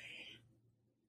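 A single short, hissy burst of about half a second, strongest in the high range, then fading into quiet room tone. One really loud sneeze from an adult woman, an ordinary reflex with nothing else heard.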